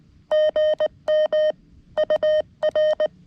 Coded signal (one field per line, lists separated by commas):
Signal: Morse code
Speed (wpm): 18 wpm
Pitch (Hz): 620 Hz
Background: none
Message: GM UR